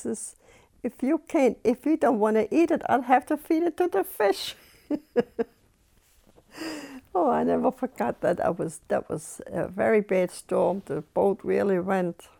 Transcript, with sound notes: He says, "If you can't, if you don't want to eat it I'll have to feed it to the fish." (she laughs) Oh, I never forgot that. That was, that was a very bad storm. The boat really went.